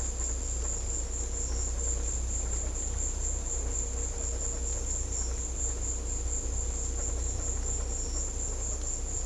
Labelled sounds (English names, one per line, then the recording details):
none
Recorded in secondary vegetation near Puerto Asís, Putumayo, Colombia, on 16 December 2024 at 16:00
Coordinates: 0.500, -76.326
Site G065